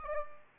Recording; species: mosquito wingbeat signal from an infrared sensor; Aedes albopictus